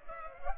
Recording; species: mosquito wingbeat signal from an infrared sensor; Culex pipiens